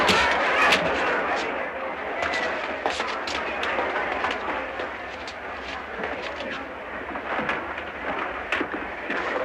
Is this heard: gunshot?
yes